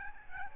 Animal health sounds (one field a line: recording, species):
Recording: mosquito wingbeat signal from an infrared sensor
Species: Aedes albopictus